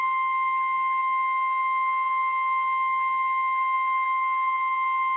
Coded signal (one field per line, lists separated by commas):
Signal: Emergency Alert System (SAME) tones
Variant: 1050 Hz attention tone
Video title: Severe Thunderstorm Warning Missouri Noaa Weather Radio Station WZ2548 Eldon MO 4/15/26